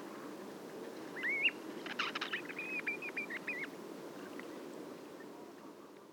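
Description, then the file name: Common ringed plover call: a single rising whistled note followed by a short run of quick piping notes over steady background noise. 30 August 2013. "crplov hiaticula. seelhaus"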